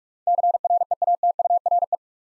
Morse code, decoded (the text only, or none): CREATURE